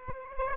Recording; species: mosquito wingbeat signal from an infrared sensor; Aedes aegypti